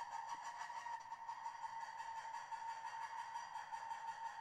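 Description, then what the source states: Red ruffed lemur loud call: a harsh, pulsed braying held at one steady pitch throughout, with rough overtones and no pause. Said to be audible half a mile away.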